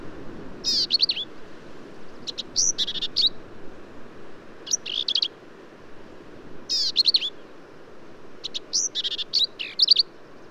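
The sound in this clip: Black-capped vireo song: varied, husky and squeaky bursts of high notes, each phrase brief, given repeatedly with short pauses.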